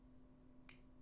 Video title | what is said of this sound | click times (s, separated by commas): New Pens, New Paper, New Knives! | you can hear that click probably but you | 0.7 s